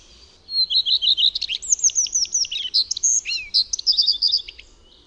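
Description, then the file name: Common redstart song of rapid high twittering notes, a sequence of sharp downslurred strokes, and a chattering close, lasting about four and a half seconds. "PLESZKA"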